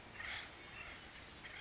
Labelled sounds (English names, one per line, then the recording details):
Acorn Woodpecker
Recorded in Sonoma County, California